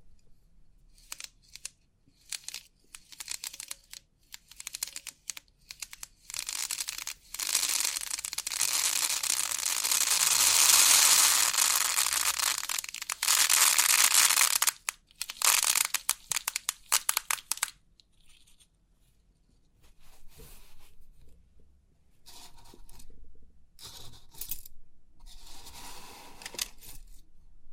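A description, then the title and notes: Crisp 3D pin art tingles: dense clicking and rattling of pins, with a long continuous hiss around 8–14 seconds, then sparser bursts. Crisp 3D Pin Art Tingles(No Talking).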